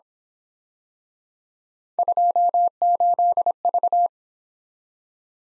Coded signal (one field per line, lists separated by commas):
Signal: Morse code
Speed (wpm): 27 wpm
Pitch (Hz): 700 Hz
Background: none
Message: 28V